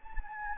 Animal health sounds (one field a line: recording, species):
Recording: mosquito wingbeat signal from an infrared sensor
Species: Anopheles gambiae